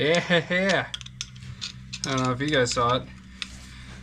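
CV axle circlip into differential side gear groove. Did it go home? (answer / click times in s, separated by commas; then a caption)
yes / 3.4 s. On a Toyota T100 CV axle replacement, the CV axle shaft with its steel retaining circlip is pushed into the differential side gear while someone talks and a few faint metallic taps sound between about 1.0 and 2.0 seconds. At 3.4 seconds a sharp click is heard as the circlip snaps into its groove, and the axle is seated.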